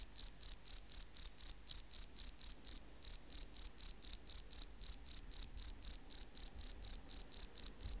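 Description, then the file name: Field cricket song, a fast train of bright high-pitched chirps, about four each second. "Gryllus campestris"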